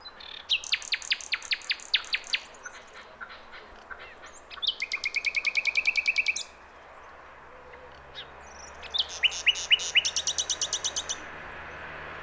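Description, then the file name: Common nightingale song built from three long runs of loud, rapid repeated notes, each a steady rattling series separated by short pauses, over a quiet hiss. "Luscinia megarhynchos"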